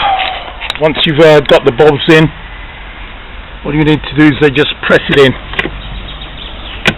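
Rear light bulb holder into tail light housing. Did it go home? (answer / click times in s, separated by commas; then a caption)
yes / 6.9 s. A rear light bulb holder is pressed back into the tail light housing of a 1-litre Chevrolet Matiz small car while someone talks. A sharp click at 6.9 s marks the holder seating in place.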